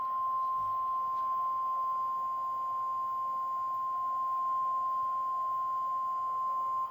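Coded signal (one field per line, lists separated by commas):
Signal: Emergency Alert System (SAME) tones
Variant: 1050 Hz attention tone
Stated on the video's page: Prank EAS Tornado Warning tones, fake Halloween alert.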